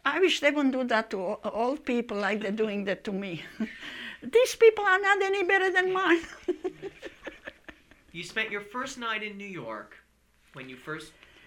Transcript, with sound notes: I wish they wouldn't do that to old people like they doing that to me. These people are not any better than mine! (laughing)
You spent your first night in New York, when you first...